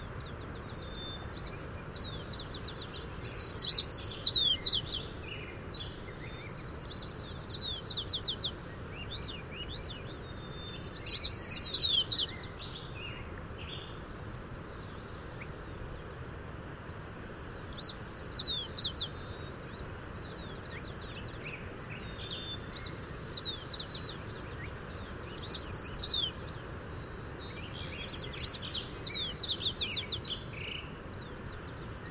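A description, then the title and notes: A bird sings short bright twittering phrases every few seconds at Cascade Head on the Oregon Coast, over a steady low rushing hiss. This soundscape was recorded June 20th 2023 at Cascade Head on The Oregon Coast.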